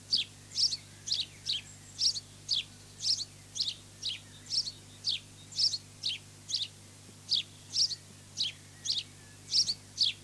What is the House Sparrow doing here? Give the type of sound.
song